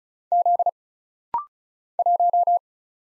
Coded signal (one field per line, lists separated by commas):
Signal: Morse code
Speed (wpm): 36 wpm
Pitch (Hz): 700 Hz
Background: none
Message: Z 1